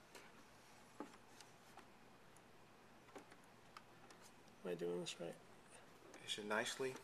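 A RAM module is lined up and worked into a Mac Pro memory riser card slot, giving small faint ticks around 1.0, 1.4, 3.2, 3.8, 4.1 and 6.1 seconds. Someone talks near the end. Nothing has seated or clicked yet.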